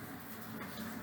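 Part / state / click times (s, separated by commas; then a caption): handlebar fitting into the frame or stem / not seated / none. A handlebar screw fitting is turned into the frame or stem of a ride-on toy or scooter assembly, giving a steady low rustle of handling with no sharp hits. Nothing has seated or clicked yet; the handlebar is not yet home.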